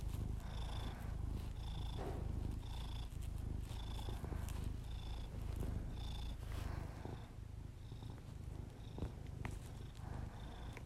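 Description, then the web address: Cat purring in a steady low rumble throughout, with faint rhythmic higher tones and soft breathing sounds. Pet cat purring, recorded as ASMR together with the owner's heavy breathing. "Miss-Because Just Purrs [ASMR][Literally just my cat purring and my heavy breathing]"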